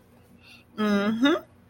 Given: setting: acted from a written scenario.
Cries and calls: vocal sound without words; pride

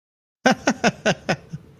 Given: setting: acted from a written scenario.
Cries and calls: vocal sound without words; triumph

